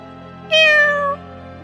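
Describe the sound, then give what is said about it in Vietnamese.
A single black cat meow, a clear harmonic call lasting just over half a second that slides gently downward in pitch, rising out of a low steady background hum. “Lúc này, con mèo đen kia ở phía trước giục.”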